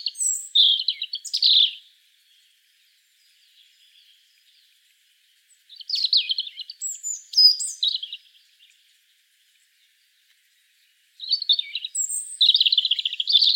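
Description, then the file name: European robin song, three high warbling and trilling phrases separated by silent pauses of several seconds. "Erithacus rubecula"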